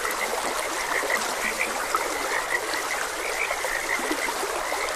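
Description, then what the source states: Frogs croak in a chorus, short croaks popping up again and again over the steady rush of a flowing stream. Frogs croaking beside a gentle stream; continuous nature ambience.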